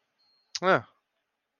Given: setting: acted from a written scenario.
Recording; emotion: vocal sound without words; neutral